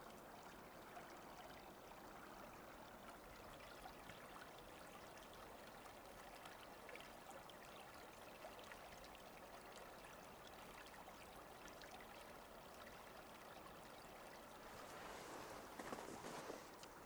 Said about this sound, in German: Der kleine Bach, der genauso viel und genauso wenig Wasser trägt wie früher, schlängelt sich zwischen den beiden Dämmen, von hier bis an den Rhein.